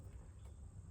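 A terminal pin for the added steering wheel radio-control wire is being pushed back into the multi-pin C2 harness connector behind the gauge cluster of a 3rd Gen Dodge Ram. Only a steady low rumble with a faint high-pitched tone is heard, with no sharp transients. The pin has not seated or clicked yet.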